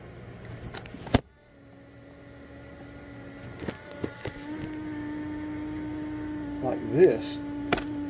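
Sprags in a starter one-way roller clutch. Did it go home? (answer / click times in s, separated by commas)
yes / 7.7 s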